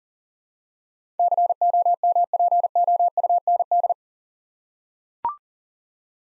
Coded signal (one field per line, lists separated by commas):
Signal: Morse code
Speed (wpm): 37 wpm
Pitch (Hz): 700 Hz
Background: none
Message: COMPOUND